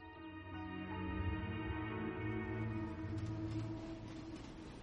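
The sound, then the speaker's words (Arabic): The 8:46 train pulls away: a steady, droning horn-like tone with a low rumble gives way to rising mechanical clatter and hiss as it gets moving, with no one talking. “وفي النهاية أقلع عن البحث وأسرع إلى المنزل ليتناول إفطاره قبل اللحاق بقطار الساعة 8:46 الذي أوشك على التحرك.”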